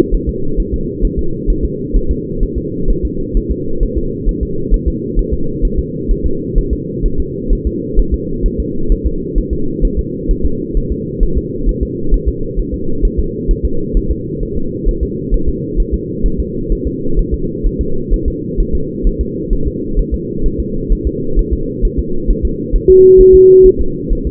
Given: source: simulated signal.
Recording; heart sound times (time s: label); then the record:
fetal heart sounds
0.14 s: S1
0.29 s: S2
0.60 s: S1
0.74 s: S2
1.05 s: S1
1.19 s: S2
1.50 s: S1
1.65 s: S2
1.96 s: S1
2.11 s: S2
2.43 s: S1
2.58 s: S2
2.90 s: S1
3.05 s: S2
3.37 s: S1
3.52 s: S2
3.83 s: S1
3.98 s: S2
4.29 s: S1
4.43 s: S2
4.74 s: S1
4.88 s: S2
5.19 s: S1
5.33 s: S2
5.65 s: S1
5.79 s: S2
6.11 s: S1
6.26 s: S2
6.58 s: S1
6.73 s: S2
7.06 s: S1
7.20 s: S2
7.53 s: S1
7.67 s: S2
7.99 s: S1
8.14 s: S2
8.46 s: S1
8.60 s: S2
8.92 s: S1
9.06 s: S2
9.38 s: S1
9.53 s: S2
9.85 s: S1
9.99 s: S2
10.31 s: S1
10.45 s: S2
10.77 s: S1
10.92 s: S2
11.23 s: S1
11.38 s: S2
11.69 s: S1
11.83 s: S2
12.14 s: S1
12.28 s: S2
12.59 s: S1
12.74 s: S2
13.05 s: S1
13.19 s: S2
13.51 s: S1
13.65 s: S2
13.97 s: S1
14.11 s: S2
14.43 s: S1
14.57 s: S2
14.89 s: S1
15.03 s: S2
15.34 s: S1
15.49 s: S2
15.80 s: S1
15.94 s: S2
16.26 s: S1
16.40 s: S2
16.72 s: S1
16.87 s: S2
17.19 s: S1
17.34 s: S2
17.66 s: S1
17.81 s: S2
18.13 s: S1
18.28 s: S2
18.60 s: S1
18.75 s: S2
19.07 s: S1
19.21 s: S2
19.53 s: S1
19.67 s: S2
19.99 s: S1
20.14 s: S2
20.46 s: S1
20.60 s: S2
20.92 s: S1
21.07 s: S2
21.39 s: S1
21.53 s: S2
21.85 s: S1
21.99 s: S2
22.30 s: S1
22.45 s: S2
22.76 s: S1
22.90 s: S2
23.21 s: S1
23.35 s: S2
23.66 s: S1
23.81 s: S2
24.13 s: S1
24.27 s: S2
From the record:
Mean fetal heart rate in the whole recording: 130 bpm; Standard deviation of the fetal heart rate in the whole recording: 4 bpm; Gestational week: 38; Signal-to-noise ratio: -8.1 dB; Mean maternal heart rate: 72 bpm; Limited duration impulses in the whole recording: present